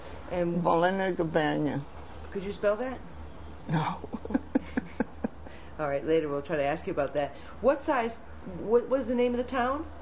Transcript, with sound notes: Could you spell that?
No. ( she laughs )
All right. Later we'll try to ask you about that. What size, what was the name of the town?